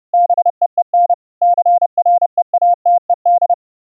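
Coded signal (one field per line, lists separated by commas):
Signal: Morse code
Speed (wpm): 32 wpm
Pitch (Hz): 700 Hz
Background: none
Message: BEEN CREATED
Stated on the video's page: CW audio generated by FLdigi and sent over the internet through a VST host and an Opus codec plugin.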